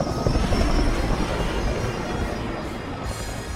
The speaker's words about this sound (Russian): Пожарный вертолет 7-4-1 идет с полной цистерной.